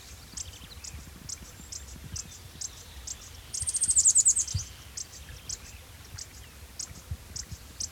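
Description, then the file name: Rusty Flowerpiercer call: one sharp, high-pitched fast trill midway, tumbling slightly downward, with regular faint high ticks before and after. Subspecies sittoides. "Diglossa sittoides sittoides - Rusty Flowerpiercer"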